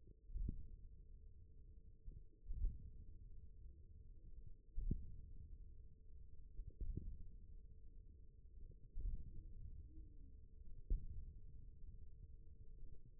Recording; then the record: forearm muscle sounds (acoustic myography)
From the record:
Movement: index flexion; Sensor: system 1, eight BSWA MPA416 microphones around the upper forearm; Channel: 2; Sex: male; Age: 41 years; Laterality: right